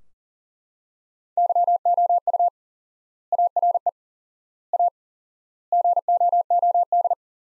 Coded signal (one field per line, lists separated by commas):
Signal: Morse code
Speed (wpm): 37 wpm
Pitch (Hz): 700 Hz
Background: none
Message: YOU ARE A GOOD